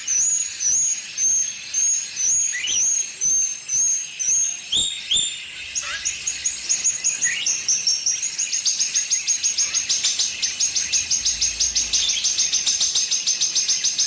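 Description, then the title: Streaked spiderhunter giving spaced high notes at first, then breaking into a fast, steady stream of sharp chips. Long, clear, actively singing Streaked spiderhunter, used as a tutor recording for training birds. "Pijantung Gunung Gacor Jernih Panjang"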